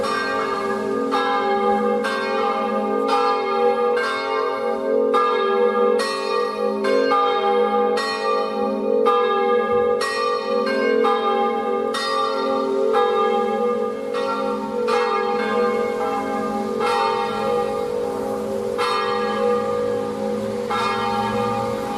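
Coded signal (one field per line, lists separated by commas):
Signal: bell signal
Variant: Friulian battiore and dopli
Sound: several church bells ringing rapidly and continuously in an overlapping rhythmic pattern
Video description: Battiore e Dopli (dura 1 minuto e mezzo) delle 18:00 per la Messa delle 18:30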